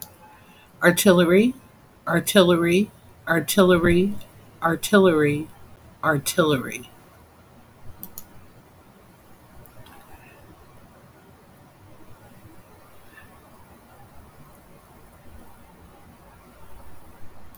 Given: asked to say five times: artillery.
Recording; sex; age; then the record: repeated word; female; 60 to 69 years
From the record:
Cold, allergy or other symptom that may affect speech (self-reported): no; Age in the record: 65 years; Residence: Nevada, United States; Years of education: 22